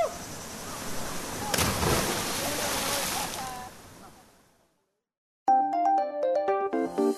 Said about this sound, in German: Dann stürze ich mich die 3 Meter vom Felsen ins kalte Wasser.